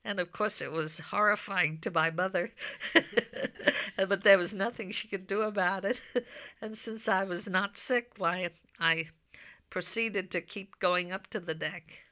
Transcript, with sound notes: And, of course, it was horrifying to my mother, ( she laughs ) but there was nothing she could do about it. And since I was not sick, why, I proceeded to keep going up to the deck.